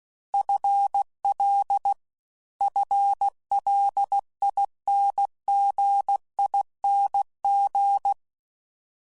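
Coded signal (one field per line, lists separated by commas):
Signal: Morse code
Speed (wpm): 16 wpm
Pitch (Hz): 800 Hz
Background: none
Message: FL FLINGING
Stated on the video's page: CW sound bites used as Morse learning examples in a presentation to an amateur radio club.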